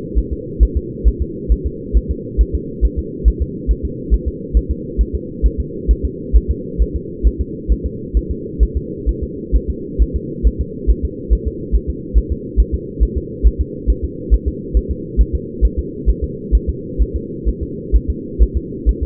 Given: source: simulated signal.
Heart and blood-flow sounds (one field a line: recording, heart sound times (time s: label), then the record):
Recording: fetal heart sounds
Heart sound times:
0.18 s: S1
0.33 s: S2
0.63 s: S1
0.77 s: S2
1.08 s: S1
1.22 s: S2
1.52 s: S1
1.66 s: S2
1.97 s: S1
2.11 s: S2
2.41 s: S1
2.55 s: S2
2.85 s: S1
2.99 s: S2
3.28 s: S1
3.42 s: S2
3.71 s: S1
3.85 s: S2
4.14 s: S1
4.28 s: S2
4.57 s: S1
4.71 s: S2
5.01 s: S1
5.15 s: S2
5.46 s: S1
5.60 s: S2
5.91 s: S1
6.05 s: S2
6.36 s: S1
6.51 s: S2
6.82 s: S1
6.96 s: S2
7.27 s: S1
7.41 s: S2
7.72 s: S1
7.86 s: S2
8.17 s: S1
8.31 s: S2
8.63 s: S1
8.77 s: S2
9.09 s: S1
9.23 s: S2
9.56 s: S1
9.70 s: S2
10.02 s: S1
10.16 s: S2
10.47 s: S1
10.61 s: S2
10.90 s: S1
11.05 s: S2
11.33 s: S1
11.47 s: S2
11.75 s: S1
11.90 s: S2
12.18 s: S1
12.32 s: S2
12.60 s: S1
12.74 s: S2
13.03 s: S1
13.17 s: S2
13.47 s: S1
13.61 s: S2
13.90 s: S1
14.04 s: S2
14.34 s: S1
14.48 s: S2
14.77 s: S1
14.91 s: S2
15.21 s: S1
15.35 s: S2
15.65 s: S1
15.79 s: S2
16.09 s: S1
16.24 s: S2
16.55 s: S1
16.69 s: S2
17.02 s: S1
17.16 s: S2
17.49 s: S1
17.63 s: S2
17.96 s: S1
18.10 s: S2
18.43 s: S1
18.57 s: S2
18.89 s: S1
19.03 s: S2
From the record:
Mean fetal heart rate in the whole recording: 135 bpm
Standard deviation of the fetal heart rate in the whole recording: 3 bpm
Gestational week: 34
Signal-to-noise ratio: -4.1 dB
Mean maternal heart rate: no maternal heart sound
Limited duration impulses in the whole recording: absent